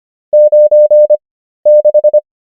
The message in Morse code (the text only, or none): 96